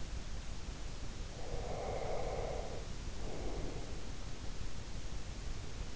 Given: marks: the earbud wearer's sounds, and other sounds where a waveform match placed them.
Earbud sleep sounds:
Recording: sounds in sleep by an in-ear microphone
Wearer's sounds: breath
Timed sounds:
1.35-4.12 s: breath

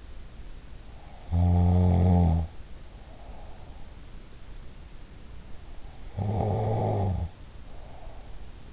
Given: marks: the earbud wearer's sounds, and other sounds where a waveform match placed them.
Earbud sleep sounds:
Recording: sounds in sleep by an in-ear microphone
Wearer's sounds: snoring breath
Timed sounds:
1.12-4.33 s: snoring breath
6.01-8.73 s: snoring breath

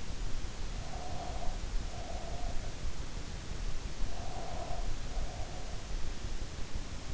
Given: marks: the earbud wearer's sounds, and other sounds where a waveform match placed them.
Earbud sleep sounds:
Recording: sounds in sleep by an in-ear microphone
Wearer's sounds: breath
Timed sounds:
0.80-2.87 s: breath
3.97-5.84 s: breath

